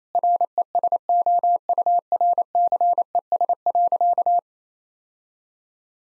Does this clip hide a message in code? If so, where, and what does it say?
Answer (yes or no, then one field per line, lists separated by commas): yes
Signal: Morse code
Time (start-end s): 0.1-4.4 s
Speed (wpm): 28 wpm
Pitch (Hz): 700 Hz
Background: none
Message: RESOURCES.